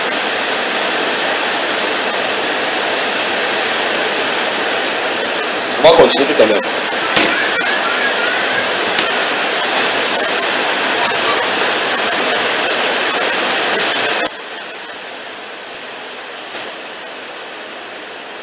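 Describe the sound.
Steady, dense rain hisses throughout, a constant wash of sound under a brief spoken phrase, then softens noticeably toward the end.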